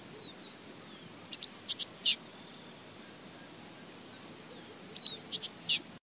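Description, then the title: Bird giving two short bursts of sharp, very high chirps and quick rattling notes, separated by a few seconds of quiet background hiss. "LuckyPassaro Completos2Sama"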